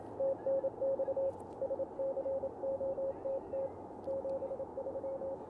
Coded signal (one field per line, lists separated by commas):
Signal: Morse code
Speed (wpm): 28 wpm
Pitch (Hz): 530 Hz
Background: radio noise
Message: TNX SCOTT 73